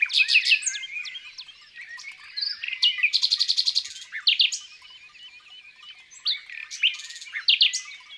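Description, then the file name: Common nightingale singing loud slurred notes, a fast high buzzy pulse series and more rattling bursts between softer twitters. Song in the countryside. "Rossignol philomele Chants doiseaux dans la campagne"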